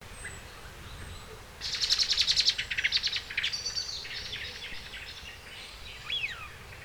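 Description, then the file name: Common blackbird calls: a fast burst of sharp, repeated chipping notes for about two seconds, trailing into softer notes, then a brief downslurred note near the end. "Turdus merula"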